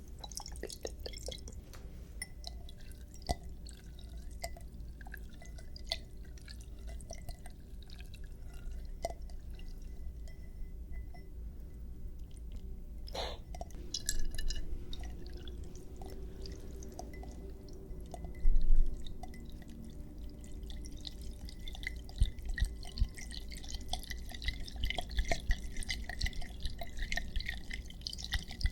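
Wet ASMR sounds: a steady low rumble under scattered drips, clicks and tapping, with brief louder bursts near 13 and 18 seconds.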